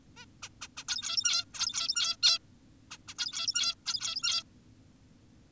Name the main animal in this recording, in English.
Zebra Finch